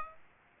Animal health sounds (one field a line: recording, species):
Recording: mosquito wingbeat signal from an infrared sensor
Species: Aedes aegypti